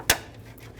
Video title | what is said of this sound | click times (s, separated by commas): How to Replace Radiator 2000-2007 Ford Focus | same thing push until you hear a click if | 0.1 s